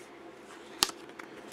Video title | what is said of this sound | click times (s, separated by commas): Mini Album Makers Challenge Blog | Hear that snap of the magnet. | 0.8 s